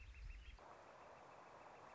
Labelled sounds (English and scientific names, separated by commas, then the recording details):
Northern Flicker (Colaptes auratus)
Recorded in Sonoma County, California